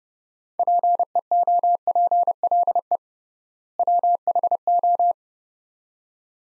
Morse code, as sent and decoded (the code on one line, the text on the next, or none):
.--. . --- .--. .-.. . / .-- .... ---
PEOPLE WHO